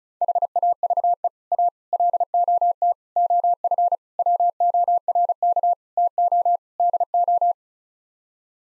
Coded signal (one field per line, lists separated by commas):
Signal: Morse code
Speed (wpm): 36 wpm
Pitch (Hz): 700 Hz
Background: none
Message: HAVE A LOT OF WORK TO DO